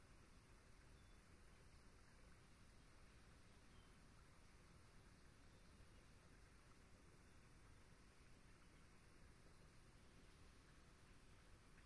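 A swamp at dusk, with a steady, dense hiss that never changes in level across the whole stretch. A faint, even drone of insects sits in the upper-middle range, with a thinner, higher whine above it, and a soft low rumble underneath.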